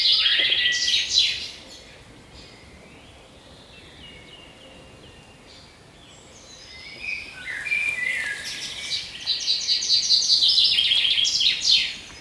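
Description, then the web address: Bird song: a short trilled phrase at the start, a quieter stretch of faint chirps, then a long, loud, fast twittering trill running to the end. "Fugle naturlyde"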